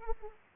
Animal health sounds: mosquito wingbeat signal from an infrared sensor; Aedes aegypti

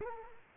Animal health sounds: mosquito wingbeat signal from an infrared sensor; Culex quinquefasciatus

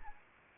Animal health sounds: mosquito wingbeat signal from an infrared sensor; Anopheles arabiensis

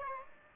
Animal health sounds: mosquito wingbeat signal from an infrared sensor; Aedes aegypti

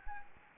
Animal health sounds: mosquito wingbeat signal from an infrared sensor; Anopheles gambiae

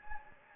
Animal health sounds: mosquito wingbeat signal from an infrared sensor; Anopheles gambiae

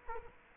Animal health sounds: mosquito wingbeat signal from an infrared sensor; Culex quinquefasciatus

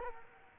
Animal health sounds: mosquito wingbeat signal from an infrared sensor; Culex quinquefasciatus

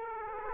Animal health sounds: mosquito wingbeat signal from an infrared sensor; Aedes aegypti

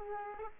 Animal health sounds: mosquito wingbeat signal from an infrared sensor; Aedes aegypti

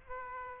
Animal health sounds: mosquito wingbeat signal from an infrared sensor; Aedes aegypti

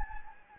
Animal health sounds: mosquito wingbeat signal from an infrared sensor; Anopheles gambiae

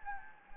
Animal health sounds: mosquito wingbeat signal from an infrared sensor; Anopheles gambiae

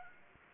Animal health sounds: mosquito wingbeat signal from an infrared sensor; Aedes aegypti

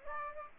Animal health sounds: mosquito wingbeat signal from an infrared sensor; Aedes aegypti

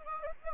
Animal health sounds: mosquito wingbeat signal from an infrared sensor; Anopheles gambiae

